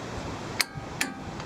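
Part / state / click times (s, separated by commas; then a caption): torque wrench on castle nut of ball joint stud in steering knuckle / torque reached / 0.6 s. A torque wrench set to 46 gives a second pull on the castle nut of a ball joint stud in a steering knuckle and clicks again at the set torque at 0.6 s. Another sharp metallic tick follows at 1.0 s and a faint one at 1.4 s. The nut is confirmed tight enough.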